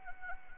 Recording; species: mosquito wingbeat signal from an infrared sensor; Anopheles arabiensis